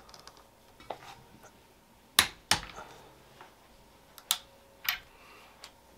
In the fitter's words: you hear that click this is a lot easier if you can get the rifle into a vice and secured in some way